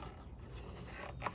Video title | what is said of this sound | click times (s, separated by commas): How to INSTALL AN OIL CATCH CAN - BURGER MOTORSPORTS on a BMW 135i E82 N54 | push it in until you hear it click. | 1.3 s